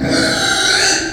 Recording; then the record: squeal of a Yucatan mini pig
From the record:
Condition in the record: before surgery on the right vocal fold (resection and tissue-engineered implant); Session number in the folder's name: 3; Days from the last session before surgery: 0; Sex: female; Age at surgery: 19 weeks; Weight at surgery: 25 kg